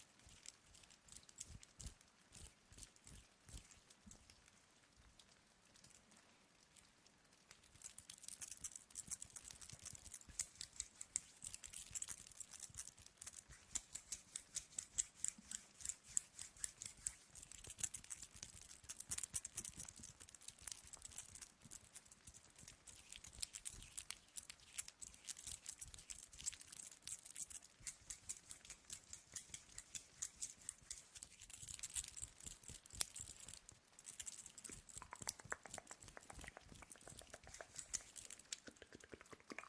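Hand movements with a ring make a dense run of tiny clicks and taps, quiet and sparse for the first seven seconds, then louder and busier from about eight seconds on. The ticking stays fast and irregular, with bright scraping rustle over it and occasional sharper knocks.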